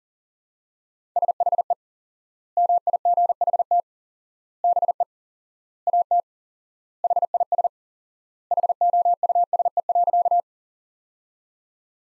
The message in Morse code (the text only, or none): SHE MIGHT BE AT HIS HOUSE.